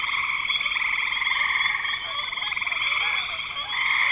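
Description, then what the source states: Frogs in a continuous pulsing chorus of overlapping trills, dipping briefly near the end. Frogs recorded in spring 2025.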